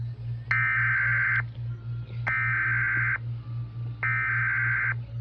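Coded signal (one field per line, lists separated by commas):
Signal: Emergency Alert System (SAME) tones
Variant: header bursts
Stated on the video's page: EAS alerts played on a Nintendo Switch; not actual emergencies.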